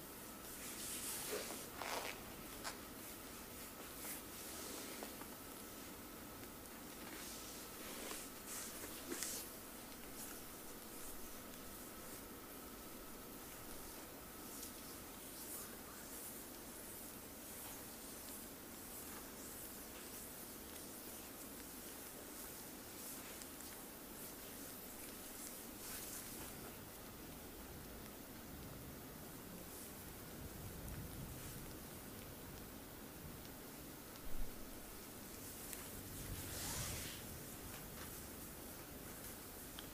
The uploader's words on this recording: ASMR Full Body Sport Massage by ….